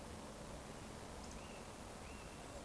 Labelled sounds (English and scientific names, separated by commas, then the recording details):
Eurasian Woodcock (Scolopax rusticola) whistle
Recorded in Baden-Württemberg, Germany, on 25 June 2020 at 19:49 UTC
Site 14569, 102 m above sea level